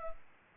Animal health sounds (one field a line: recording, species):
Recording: mosquito wingbeat signal from an infrared sensor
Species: Culex pipiens